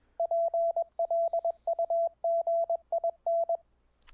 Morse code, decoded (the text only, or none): PLUGIN